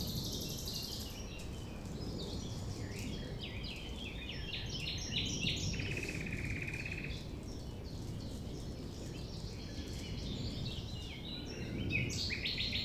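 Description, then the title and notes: Common nightingale singing a long even rattle of quick repeated notes near the middle, amid varied chirps and a steady background rumble. Recorded at 6 a.m. at sunrise near the Thève river, Champ de Ménage; the nightingale sings without waiting for silence. "6 A.M. Lever du soleil non loin de la Thève au Champ de Ménage. Le rossignol n'attend pas le silence."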